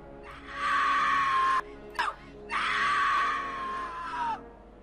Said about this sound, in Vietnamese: trong đó hé ra một khuôn mặt vặn vẹo, toét miệng, phát ra từng tiếng kêu gào thê thảm. Những tiếng kêu gào như là đinh tai nhức óc, như là xoáy sâu vào trong tâm cảm của người nghe vậy.